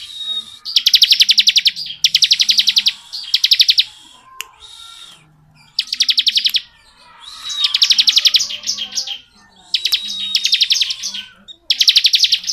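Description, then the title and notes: Bar-winged prinia singing fast, high chattering trills in repeated bursts, with brief gaps and a few thin whistled notes between phrases. Ciblek 'ngebren' song style, used as tutor audio for white-rumped shamas (murai batu) to copy. "Ciblek Ngebren Untuk Masteran Murai Batu. Suara burung ciblek - Suara Nada"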